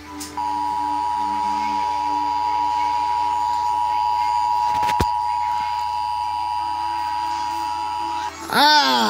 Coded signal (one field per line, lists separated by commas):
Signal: Emergency Alert System (SAME) tones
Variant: 853 and 960 Hz attention tone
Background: music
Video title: Emergency alert system